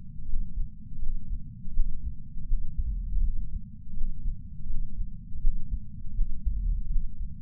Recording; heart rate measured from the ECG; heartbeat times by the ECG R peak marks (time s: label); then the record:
heart sounds by patch sensor on the chest; 82 bpm
0.26 s: heartbeat
0.99 s: heartbeat
1.73 s: heartbeat
2.46 s: heartbeat
3.21 s: heartbeat
3.94 s: heartbeat
4.67 s: heartbeat
5.40 s: heartbeat
6.14 s: heartbeat
6.88 s: heartbeat
From the record:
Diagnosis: coronary artery disease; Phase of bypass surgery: postoperative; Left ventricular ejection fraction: 39.2%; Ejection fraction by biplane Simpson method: 34.1%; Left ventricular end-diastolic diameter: 57 mm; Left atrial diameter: 41 mm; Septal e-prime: 4.9 cm/s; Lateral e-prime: 6.9 cm/s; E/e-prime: 12.9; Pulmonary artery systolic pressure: 24 mmHg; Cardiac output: 4.6 L/min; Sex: male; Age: 72 years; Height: 170 cm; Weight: 79 kg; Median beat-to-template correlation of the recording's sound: 0.87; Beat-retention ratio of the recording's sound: 0.99